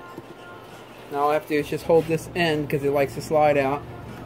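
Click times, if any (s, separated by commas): none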